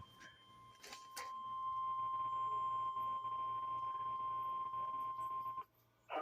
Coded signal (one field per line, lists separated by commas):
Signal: Emergency Alert System (SAME) tones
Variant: 1050 Hz attention tone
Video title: EAS alerts on 3/3/2023